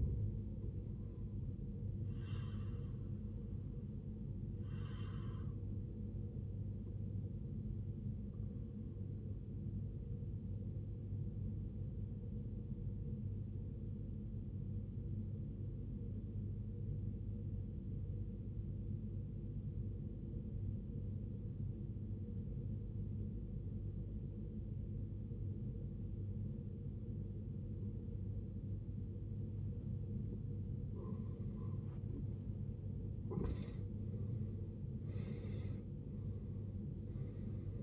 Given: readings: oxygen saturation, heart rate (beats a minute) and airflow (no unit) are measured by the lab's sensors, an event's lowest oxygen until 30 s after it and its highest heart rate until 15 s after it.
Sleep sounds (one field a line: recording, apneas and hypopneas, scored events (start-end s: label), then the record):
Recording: breathing in sleep by a smartphone at the bedside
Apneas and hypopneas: 1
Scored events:
11.00-30.90 s: obstructive apnea (N1, oxygen 94% highest, then 77% lowest, heart rate 59 at the start, 85 highest)
From the record:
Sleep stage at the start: N1 (lightest sleep)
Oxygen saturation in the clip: 74 to 94%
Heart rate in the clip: 53 to 82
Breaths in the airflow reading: 3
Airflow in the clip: -18.7 to 15.4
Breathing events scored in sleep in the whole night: 389 in 6.3 hours asleep